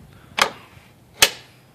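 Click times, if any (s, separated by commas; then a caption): 1.2 s. A metal bonnet (hood) latch on a Mini Cooper is pushed down by hand onto its striker. A sharp click sounds at about 0.4 s, then a louder, sharper snap at 1.2 s as the latch locks in place on both sides.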